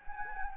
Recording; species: mosquito wingbeat signal from an infrared sensor; Anopheles gambiae